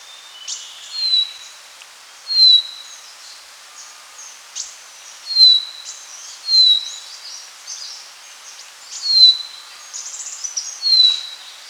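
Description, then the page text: Short-billed minivet giving repeated high, thin whistles that slide downward, with soft fainter notes and hiss behind. "Short-Billed Minivet Call Sound Effect. Quick Sounds"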